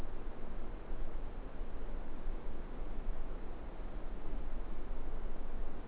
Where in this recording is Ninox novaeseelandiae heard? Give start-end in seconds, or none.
none